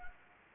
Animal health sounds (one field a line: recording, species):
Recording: mosquito wingbeat signal from an infrared sensor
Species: Anopheles gambiae